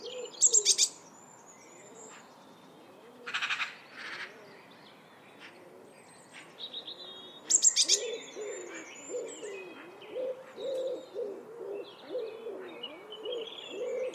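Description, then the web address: Eurasian blue tit calls: short runs of high, thin notes heard several times, mixed with a harsher, lower burst and other birds' chirps, over a steady low background sound. "cianscape. Deverinetal"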